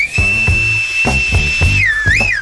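A person whistles one long, steady high note that dips and swoops back up at the end, over loud music with a thumping bass beat.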